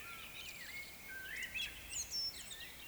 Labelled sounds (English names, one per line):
Eurasian Woodcock whistle